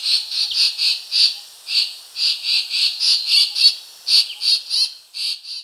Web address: Racket-Tailed Treepie Scolding Calls